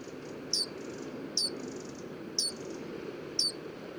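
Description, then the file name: Eurasian wren giving sharp, high, down-slurred ticks about once a second, four in all, over a low background rumble. "Troglodytes troglodytes"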